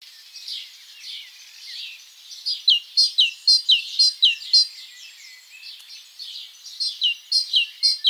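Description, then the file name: Great tit singing two bouts of clear see-saw phrases separated by a pause, with softer chirps at the start. "Parus major"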